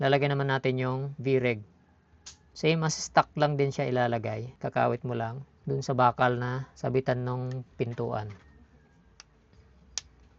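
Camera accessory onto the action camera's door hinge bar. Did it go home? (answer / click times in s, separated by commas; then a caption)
yes / 10.0 s. Someone talks while hooking a camera accessory, the "Veg" piece, onto the metal hinge bar of an action camera's door, the same way as the stock part. After the talking stops, a faint tick comes at 9.2 s, then a sharp click at 10.0 s as the accessory seats and is attached.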